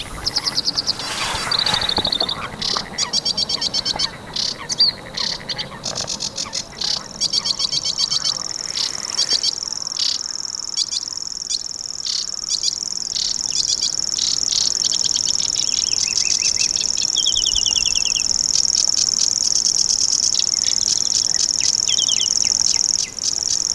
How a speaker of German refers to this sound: Eine schöne Woche und ich bleib mal noch ein bisschen hier bei unserem nächtlichen salzigen See.